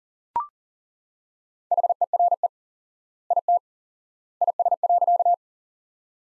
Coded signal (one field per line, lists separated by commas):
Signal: Morse code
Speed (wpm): 37 wpm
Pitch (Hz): 700 Hz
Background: none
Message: HERE IT IS.